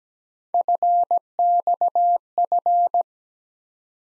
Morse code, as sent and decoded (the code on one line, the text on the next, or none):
..-. -..- ..-.
FXF